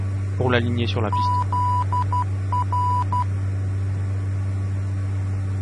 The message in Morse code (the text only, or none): ZR